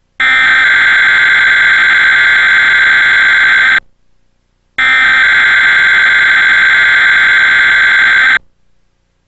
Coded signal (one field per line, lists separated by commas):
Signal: Emergency Alert System (SAME) tones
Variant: header bursts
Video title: 4/29/2008 Time Warner Cable Emergency Alert System Test on WVIZ/PBS